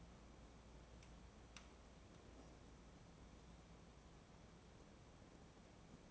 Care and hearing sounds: daily activity, microphone in the room; wipe stove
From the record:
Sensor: 1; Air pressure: 1012.5 hPa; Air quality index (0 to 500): 147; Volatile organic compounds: 2 ppm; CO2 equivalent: 1213 ppm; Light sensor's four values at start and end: 4297/8368/4215/4347 and 4318/8407/4236/4371

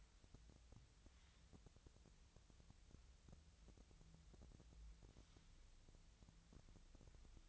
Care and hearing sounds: daily activity, microphone in the room; wipe stove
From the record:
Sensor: 3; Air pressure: 1001.6 hPa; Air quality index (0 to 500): 223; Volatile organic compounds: 30 ppm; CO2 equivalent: 2964 ppm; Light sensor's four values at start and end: 11/33/14/12 and 11/33/14/12

